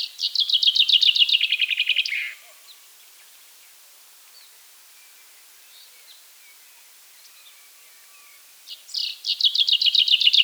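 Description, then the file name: Common chaffinch song: a bright, accelerating run of repeated notes falling in pitch and ending in a flourish, then quiet with faint chirps before the next phrase begins. "Fringilla coelebs"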